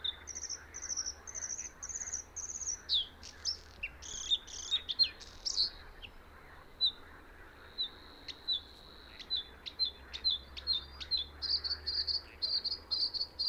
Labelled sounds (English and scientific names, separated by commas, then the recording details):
Bluethroat (Luscinia svecica) song
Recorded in the wild
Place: Gartz (Oder), Nationalpark Unteres Odertal, Brandenburg, DE
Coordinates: 53.1454, 14.366
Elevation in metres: 1
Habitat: wetland
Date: 2014-06-07 22:03
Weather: clear, 25°C, almost no wind
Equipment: Sound Devices 702, Sennheiser MKH 70, Rycote Windschutz
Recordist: Frommolt, Karl-Heinz